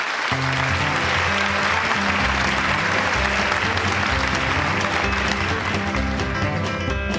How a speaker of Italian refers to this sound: L'altoparlante annuncia la prossima artista. Signore e signori, e ora un grande applauso